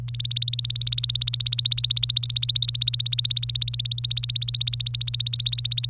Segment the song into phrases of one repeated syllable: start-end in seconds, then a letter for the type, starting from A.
0.08-5.87 A